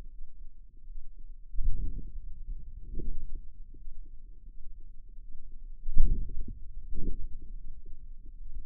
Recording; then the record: forearm muscle sounds (acoustic myography)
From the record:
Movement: hand closing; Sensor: system 2, bracelet of six BSWA MPA416 microphones around the upper forearm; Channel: 4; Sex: female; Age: 23 years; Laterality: right